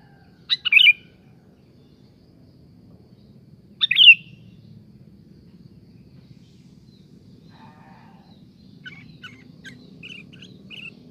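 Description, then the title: Sooty-headed bulbul song, two short bubbly phrases about three seconds apart, then faint scattered chirps and soft whistles over a low background hum. "Kutilang"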